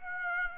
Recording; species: mosquito wingbeat signal from an infrared sensor; Aedes aegypti